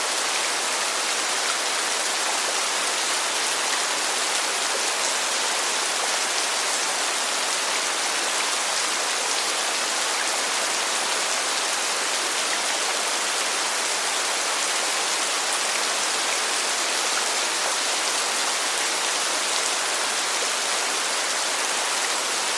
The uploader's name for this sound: Soothing Rain Sounds